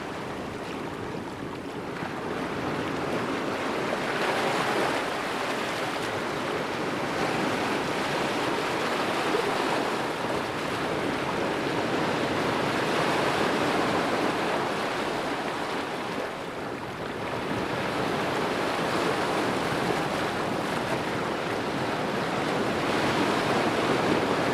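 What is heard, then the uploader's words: Ocean waves roll in a steady, dense wash of surf, swelling gently around five, twelve and twenty-two seconds, with wind noise underneath. Ocean Waves And Sunlit Dreams On A Tropical Beach. The ocean water's edge dances with foamy lace, each wave a tender kiss upon the shore.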